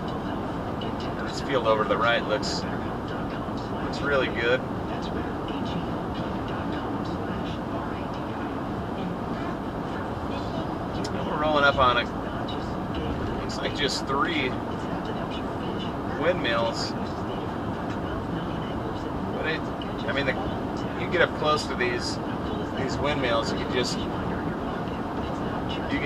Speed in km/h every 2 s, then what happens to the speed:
111, 111, 111, 109, 111, 111, 111, 111, 111, 111, 109, 109, 109.
0-26 steady at about 111.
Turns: none.